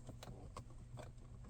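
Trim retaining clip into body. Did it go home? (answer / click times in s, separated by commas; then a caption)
no / none. An F-150 trim piece is handled as its first retaining clip is pushed toward the body during a sunroof leak repair, with faint handling taps and rustles around 0.2, 0.6 and 1.0 seconds over a steady low hum. Nothing has seated or clicked yet.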